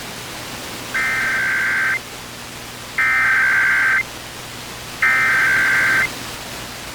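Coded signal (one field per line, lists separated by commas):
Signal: Emergency Alert System (SAME) tones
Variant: header bursts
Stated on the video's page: National periodic test received off-air on AM and FM broadcast radios, with some static and a weak signal; one station not off-air.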